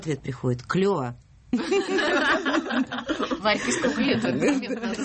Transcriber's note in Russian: смех